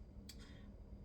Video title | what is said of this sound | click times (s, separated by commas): Instant Pot Lentil Soup! | adhere. You'll hear it like click in. | 0.3 s